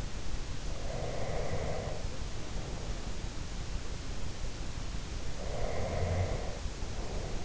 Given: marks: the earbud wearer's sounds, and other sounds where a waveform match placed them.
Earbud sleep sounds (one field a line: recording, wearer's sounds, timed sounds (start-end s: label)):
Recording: sounds in sleep by an in-ear microphone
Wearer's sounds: breath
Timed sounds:
0.67-2.96 s: breath
5.39-7.45 s: breath